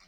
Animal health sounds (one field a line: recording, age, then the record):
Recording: pig call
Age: piglet (1 to 25 days)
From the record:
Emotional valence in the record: positive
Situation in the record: short reunion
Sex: female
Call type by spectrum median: high-frequency call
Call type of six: low-frequency tonal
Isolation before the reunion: 3 minutes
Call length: 0.07 s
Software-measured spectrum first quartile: 1374 Hz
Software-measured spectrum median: 2819 Hz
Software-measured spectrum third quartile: 4966 Hz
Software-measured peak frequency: 180 Hz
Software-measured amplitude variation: 63 dB a second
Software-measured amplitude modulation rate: 6.7 a second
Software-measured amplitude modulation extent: 9.5 dB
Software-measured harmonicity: -0.6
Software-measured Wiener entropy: -1.10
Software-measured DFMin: 684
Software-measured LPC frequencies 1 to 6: 1182, 2204, 4220, 4879, 5644, 7025 Hz